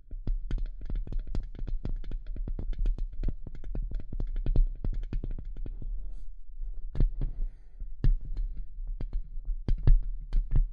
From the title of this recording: Tapping & Scratching